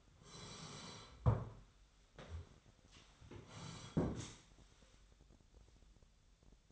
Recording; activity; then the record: daily activity, microphone in the room; sit down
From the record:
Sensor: 3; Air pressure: 1015.2 hPa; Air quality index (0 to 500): 178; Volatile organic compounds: 16 ppm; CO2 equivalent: 2550 ppm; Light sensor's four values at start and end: 14/36/14/15 and 14/38/15/16